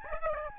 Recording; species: mosquito wingbeat signal from an infrared sensor; Aedes albopictus